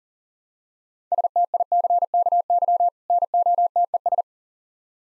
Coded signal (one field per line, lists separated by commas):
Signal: Morse code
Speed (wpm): 40 wpm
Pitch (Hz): 700 Hz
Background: none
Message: STICKY NOTES